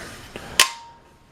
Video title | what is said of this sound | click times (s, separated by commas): Yugo underfold M70AB2 AK47 | folds open locks | 0.6 s